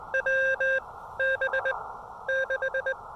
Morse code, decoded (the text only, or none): W B 6